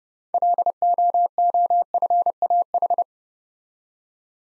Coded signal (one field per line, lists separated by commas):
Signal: Morse code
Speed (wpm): 30 wpm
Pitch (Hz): 700 Hz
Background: none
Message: LOOFAH